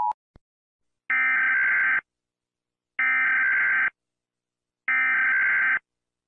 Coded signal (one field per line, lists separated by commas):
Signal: Emergency Alert System (SAME) tones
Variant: header bursts